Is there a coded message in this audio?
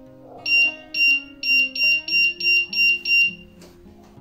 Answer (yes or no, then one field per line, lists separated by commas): no